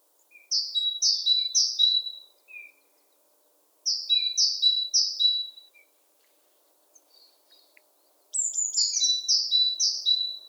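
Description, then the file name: Great tit song in three bursts of repeated high-then-low two-note units, with soft lower single notes and a quick descending chatter before the last burst. "Parus major"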